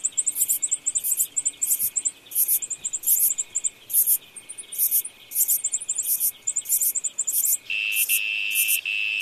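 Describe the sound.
Cricket chirps, short rapid pulse trains repeated about twice a second, with a continuous high buzzing tone underneath that swells near the end.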